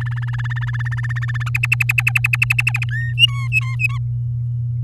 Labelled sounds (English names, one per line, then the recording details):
Domestic Canary song
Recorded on 10 May 2018 at 05:39
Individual llb16